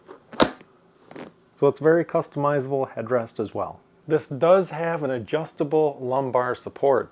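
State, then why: Seated. The adjustable headrest on a gaming chair backrest, which has no button and uses a click-lock ratchet, is lifted and steps up into its adjustment detents. A sharp click is heard at 0.4 s as it seats, followed by a fainter tick near 1.2 s. Then someone talks.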